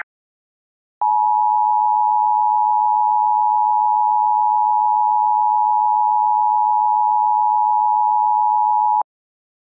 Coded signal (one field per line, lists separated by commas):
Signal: Emergency Alert System (SAME) tones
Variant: 853 and 960 Hz attention tone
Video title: [EAS SCENARIO / ANALOG HORROR] - Piercing Freeze